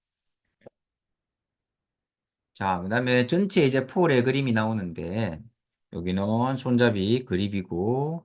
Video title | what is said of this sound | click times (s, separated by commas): 노르딕워킹 상해 예방 및 관리 | 깊숙히 넣어 줘야 됩 딸깍 소리 날 때까지 | 0.7 s